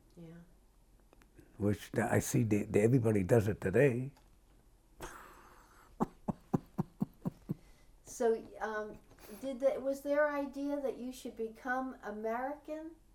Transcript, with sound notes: Yeah.
Which I see that everybody does it today. [laughs]
So, did they - was their idea that you should become American?